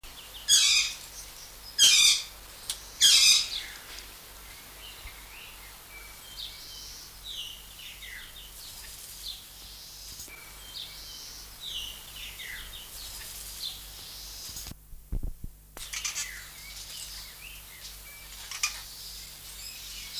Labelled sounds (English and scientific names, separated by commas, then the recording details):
Lord Derby's Parakeet (Psittacula derbiana) call
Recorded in captivity
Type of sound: call
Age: adult
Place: Zoo Berlin, Berlin, DE
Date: 1999-06-23 17:35
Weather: heiter, 16 - 17°C
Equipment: Sony WM-D6C, Sennheiser MKH 416 T, Kopie Uher 4000 Report Monitor
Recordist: Tembrock, Günter
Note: Kurzlaute